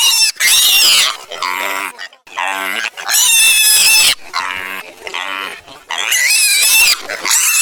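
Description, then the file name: Piglet squealing in loud, shrill, high-pitched bursts, repeated with brief gaps between, some cries wavering and rising. Baby piglet. "Baby Piglet"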